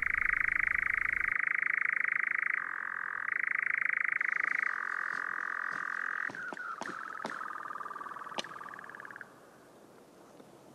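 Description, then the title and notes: European nightjar churr, a continuous rapid trill shifting between two pitches, with several sharp clicks over its later part before it stops. "Viikon luontoääni: Kehrääjä. Juha Laaksonen"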